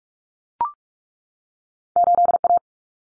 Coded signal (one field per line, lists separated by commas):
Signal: Morse code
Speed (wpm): 44 wpm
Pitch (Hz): 700 Hz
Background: none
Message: 8A